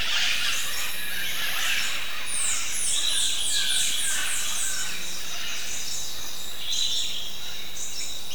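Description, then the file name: Bird chirps, a run of rapid, very high descending notes repeated in quick series midway, with softer chirping and constant hiss behind. "SABIOD 50 bird 2015"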